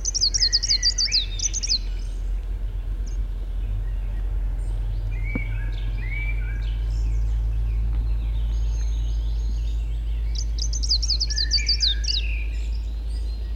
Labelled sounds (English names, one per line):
Greenish Warbler song